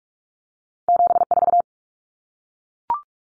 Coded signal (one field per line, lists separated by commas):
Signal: Morse code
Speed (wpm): 44 wpm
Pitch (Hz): 700 Hz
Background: none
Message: 74